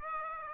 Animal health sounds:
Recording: mosquito wingbeat signal from an infrared sensor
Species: Aedes aegypti

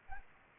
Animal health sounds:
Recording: mosquito wingbeat signal from an infrared sensor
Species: Anopheles arabiensis

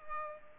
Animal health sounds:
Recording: mosquito wingbeat signal from an infrared sensor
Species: Culex pipiens

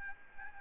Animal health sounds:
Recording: mosquito wingbeat signal from an infrared sensor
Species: Aedes albopictus

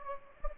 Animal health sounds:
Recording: mosquito wingbeat signal from an infrared sensor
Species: Anopheles gambiae

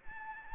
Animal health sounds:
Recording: mosquito wingbeat signal from an infrared sensor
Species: Anopheles gambiae

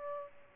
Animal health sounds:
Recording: mosquito wingbeat signal from an infrared sensor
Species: Culex pipiens

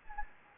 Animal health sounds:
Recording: mosquito wingbeat signal from an infrared sensor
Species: Anopheles gambiae

